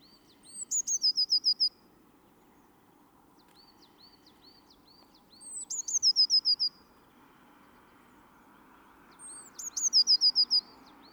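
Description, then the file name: Eurasian blue tit singing three high phrases, each a thin note and a quick trill, about four seconds apart, with fainter high ticking calls between and soft background rumble. "Cyanistes caeruleus"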